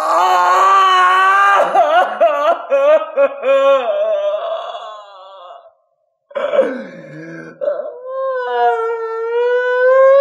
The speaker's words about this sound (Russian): Крик его бешеный, страстный и дикий, крик, простреленный на вылет волчицей, вылетел на середину площади, метнулся под мост и, отталкиваемый отовсюду звуками просыпающегося большого города, стал глохнуть и в минуту затих.